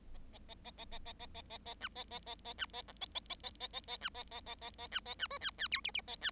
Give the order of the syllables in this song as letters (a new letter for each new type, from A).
A A A A A A A A A A A B A A A A B A C A A A A A A A B A A A A A B A B D E E F G G A E